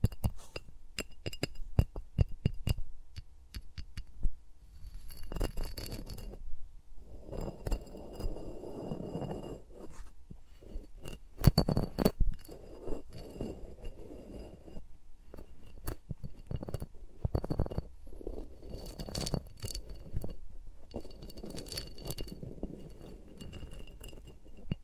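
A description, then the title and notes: Fingers rub and tap around microphones with no talking, in dense bursts of rustling, clicks and glassy clinks that come and go throughout. ASMR with Mics Around My Fingers (No Talking).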